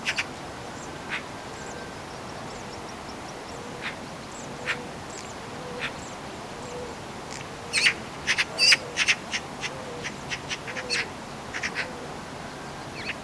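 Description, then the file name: Eurasian magpie making sparse harsh notes, then a rapid rattling chatter burst midway, while soft low notes repeat in the background. "Pica pica"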